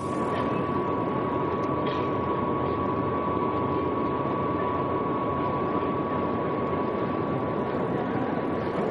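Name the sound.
airplane jet engine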